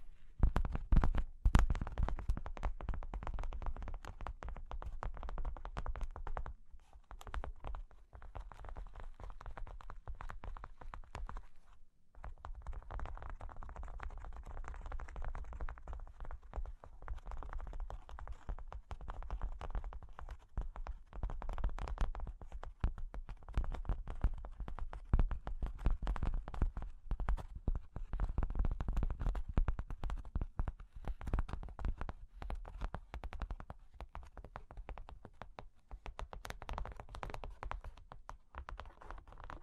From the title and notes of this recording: ASMR Sleepy Cork and Wood Tapping, Scratching, Tracing (No Talking).